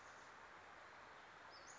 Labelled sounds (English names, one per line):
Western Flycatcher